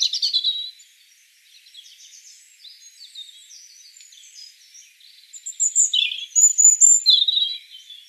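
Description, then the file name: European robin delivering a long, varied run of high warbles, soft twitters and sharper descending notes, louder at the start and again toward the end. "Erithacus rubecula 240702"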